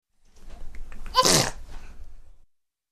Kid Sneezing.